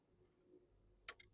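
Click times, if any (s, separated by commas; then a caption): 1.1 s. During a fuel filter change on a 2015 Peugeot 308 GT Line, a fuel line quick-connect fitting is pushed onto the fuel filter housing until it latches. Against a low background hum, a sharp, bright click lands at 1.1 s, followed by a fainter tick about a tenth of a second later. The connector is seated.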